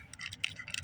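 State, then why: Seated. A replacement ignition coil harness pigtail connector for a 2007 Scion tC is lined up and pushed home onto the coil wiring, its plastic parts locking together. Light ticks and rattles sound through the clip, with a sharp, bright click at 0.4 s. The connector is seated.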